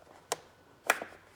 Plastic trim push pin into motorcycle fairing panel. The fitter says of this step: you put it in the hole and listen for the snap